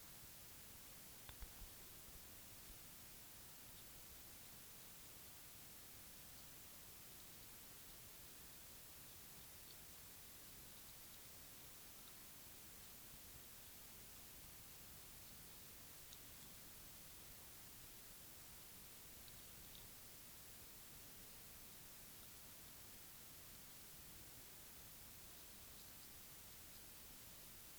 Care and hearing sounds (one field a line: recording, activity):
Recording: daily activity, guitar pickup as the sensor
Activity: brush teeth